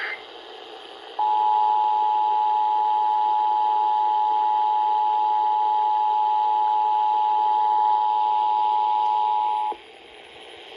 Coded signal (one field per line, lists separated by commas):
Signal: Emergency Alert System (SAME) tones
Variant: 853 and 960 Hz attention tone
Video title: WHERE'D THIS COME FROM!? - Georgia Levi's Call (04/19/2022) - EAS #68